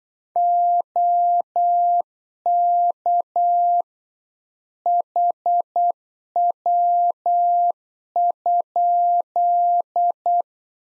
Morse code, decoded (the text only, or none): OK HW?